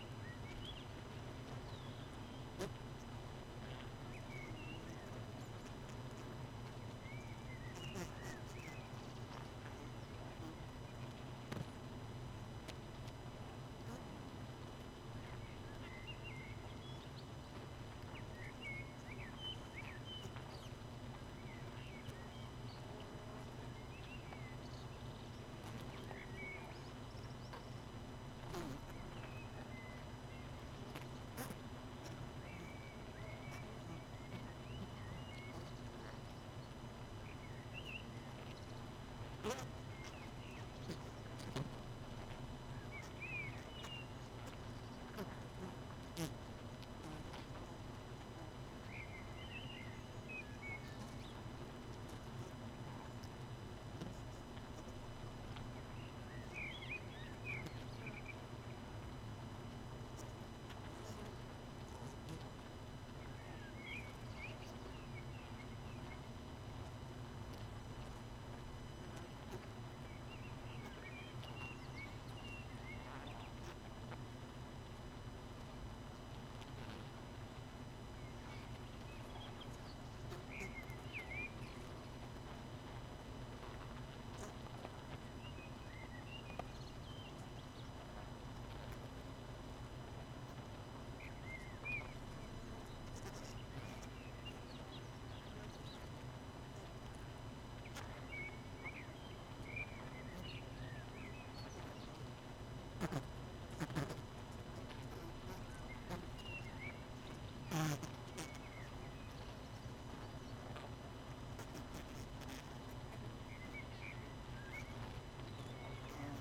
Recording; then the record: honeybee colony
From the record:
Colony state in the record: missing queen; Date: 31 May 2018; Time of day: 18:55